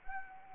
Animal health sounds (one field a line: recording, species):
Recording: mosquito wingbeat signal from an infrared sensor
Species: Anopheles arabiensis